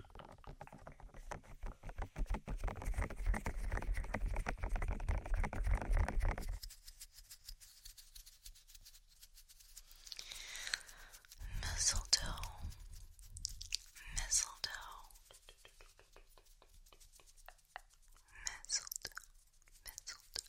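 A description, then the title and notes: Dense tapping and rubbing fills the first six seconds, then gives way to scattered wet kisses and mouth sounds with soft ticks between. ASMR Extremely Tingly Christmas Trigger Words Kisses, Mouth Sounds, Ear Tapping.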